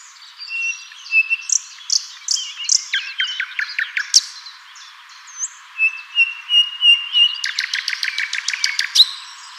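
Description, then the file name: Common nightingale singing varied phrases: sustained whistles, sharp repeated clicks and a fast rattling run of notes near the end. "Luscinia megarhynchos"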